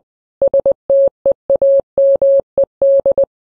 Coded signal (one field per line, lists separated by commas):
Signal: Morse code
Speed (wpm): 20 wpm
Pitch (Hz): 550 Hz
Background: none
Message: STEAMED